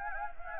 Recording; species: mosquito wingbeat signal from an infrared sensor; Anopheles gambiae